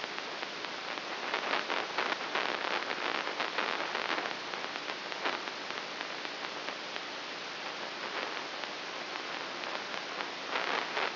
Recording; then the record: brain microelectrode recording played as sound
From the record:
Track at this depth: inside the subthalamic nucleus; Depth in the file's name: 1.804 mm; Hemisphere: right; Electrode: 3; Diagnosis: Parkinson's disease